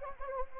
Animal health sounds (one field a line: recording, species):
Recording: mosquito wingbeat signal from an infrared sensor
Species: Anopheles gambiae